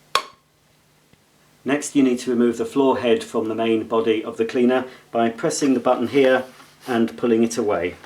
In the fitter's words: with the short handle that just pushes on until it clicks into place.